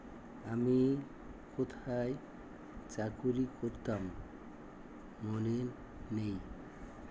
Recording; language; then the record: elicited speech; Bengali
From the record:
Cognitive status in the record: dementia